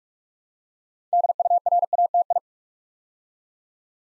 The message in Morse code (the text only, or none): DURATI